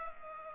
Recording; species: mosquito wingbeat signal from an infrared sensor; Culex pipiens